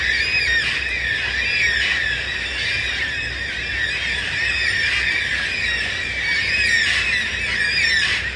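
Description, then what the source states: Yellow-tailed black cockatoos screaming continuously, a dense overlapping chorus of harsh wailing calls from many birds with no pauses. Hundreds wheeling overhead then settling in Bloodwood and Blackbutt trees at dawn, 14 November, gloomy sky, rain holding off; screaming calls described as extremely loud, 100 decibels up close.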